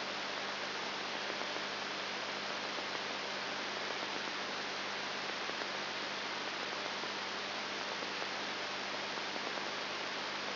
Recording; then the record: brain microelectrode recording played as sound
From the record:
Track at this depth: outside the subthalamic nucleus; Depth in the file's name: 5.9 mm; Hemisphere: left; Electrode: 3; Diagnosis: Parkinson's disease